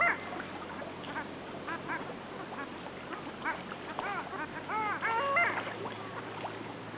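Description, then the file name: Long-tailed ducks giving softer overlapping yodelling calls, a busy chorus of nasal, arched notes that grows slightly louder late on before easing off at the end. "Digiffects Sound Effects Library - Long Tailed Duck"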